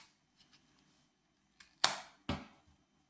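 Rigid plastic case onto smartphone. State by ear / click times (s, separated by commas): seated / 1.8 s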